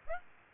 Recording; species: mosquito wingbeat signal from an infrared sensor; Aedes aegypti